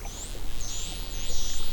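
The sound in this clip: Whale whistles: a series of high, thin whistles that sweep up and down, overlapping one another above a steady low rumble of background noise.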